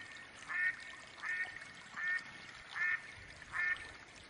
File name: Mallard duck quacking call sounds Female Hen